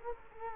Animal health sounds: mosquito wingbeat signal from an infrared sensor; Culex quinquefasciatus

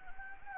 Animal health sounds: mosquito wingbeat signal from an infrared sensor; Anopheles gambiae

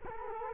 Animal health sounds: mosquito wingbeat signal from an infrared sensor; Culex quinquefasciatus

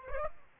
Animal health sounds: mosquito wingbeat signal from an infrared sensor; Aedes aegypti

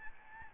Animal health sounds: mosquito wingbeat signal from an infrared sensor; Aedes albopictus

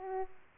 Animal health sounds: mosquito wingbeat signal from an infrared sensor; Aedes aegypti

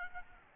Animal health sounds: mosquito wingbeat signal from an infrared sensor; Aedes albopictus

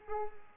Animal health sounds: mosquito wingbeat signal from an infrared sensor; Culex pipiens

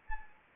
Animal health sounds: mosquito wingbeat signal from an infrared sensor; Anopheles arabiensis

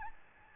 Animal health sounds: mosquito wingbeat signal from an infrared sensor; Aedes albopictus

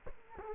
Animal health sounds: mosquito wingbeat signal from an infrared sensor; Culex quinquefasciatus

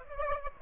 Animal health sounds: mosquito wingbeat signal from an infrared sensor; Aedes aegypti

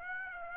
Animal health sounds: mosquito wingbeat signal from an infrared sensor; Aedes aegypti

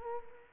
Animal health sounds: mosquito wingbeat signal from an infrared sensor; Culex quinquefasciatus

